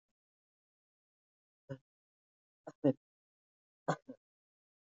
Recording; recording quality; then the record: shallow voluntary cough; poor, much background noise or distortion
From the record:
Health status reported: healthy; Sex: female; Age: 37 years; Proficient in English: yes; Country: India